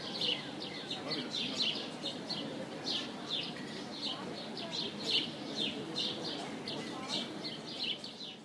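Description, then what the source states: Birds singing together, a dense chorus of overlapping high chirps and twitters repeating steadily throughout. Birds singing in an aviary.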